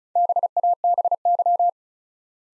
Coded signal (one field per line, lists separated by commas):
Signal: Morse code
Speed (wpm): 36 wpm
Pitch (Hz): 700 Hz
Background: none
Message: BABY